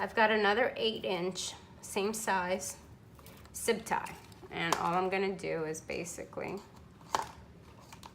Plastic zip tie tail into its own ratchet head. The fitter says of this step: if you don't hear it locking, is because it's on the incorrect way.